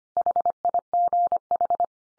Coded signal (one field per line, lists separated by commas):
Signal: Morse code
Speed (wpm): 25 wpm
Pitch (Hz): 700 Hz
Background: none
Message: HIGH